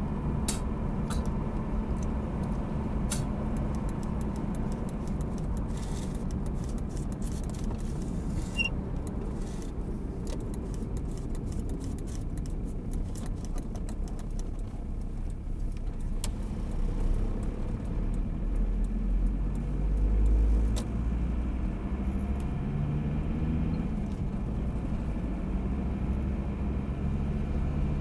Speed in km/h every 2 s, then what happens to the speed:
54, 55, 54, 52, 45, 36, 27, 18, 18, 22, 29, 39, 46, 53.
0-6 steady at about 54. 6-14 brakes to 18. 16-28 speeds up to 53.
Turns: 12-18.